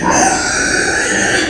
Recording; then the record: squeal of a Yucatan mini pig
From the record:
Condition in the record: before surgery on the right vocal fold (resection and tissue-engineered implant); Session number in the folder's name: 3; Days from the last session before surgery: 0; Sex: female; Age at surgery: 19 weeks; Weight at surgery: 25 kg